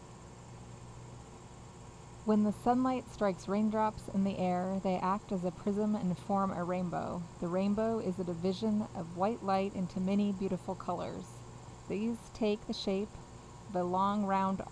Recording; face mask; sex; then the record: reading aloud; surgical mask; female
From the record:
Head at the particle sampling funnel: facing it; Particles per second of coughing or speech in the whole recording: 0.0679